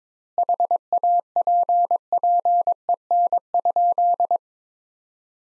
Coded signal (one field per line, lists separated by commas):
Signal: Morse code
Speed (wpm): 22 wpm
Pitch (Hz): 700 Hz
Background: none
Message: HAPPEN?